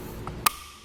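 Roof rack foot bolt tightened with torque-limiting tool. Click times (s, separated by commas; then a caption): 0.5 s. The included Thule tightening tool is turned on the center bolt of a Thule WingBar Evo roof rack raised-rail foot on a 2019 Chevrolet Traverse. A faint tap is heard at 0.3 s, followed by a sharp, bright click from the torque-limiting tool at 0.5 s. The click signals that the bolt has reached the correct torque setting.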